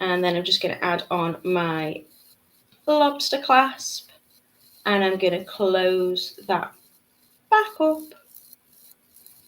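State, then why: Seated. Someone talks while an opened metal jump ring holding a lobster clasp is twisted closed with pliers until its two ends meet. After the talking stops, a few faint small sounds lead to a little click at 9.3 s. The ring is seated, perfectly closed because its ends are rubbing together.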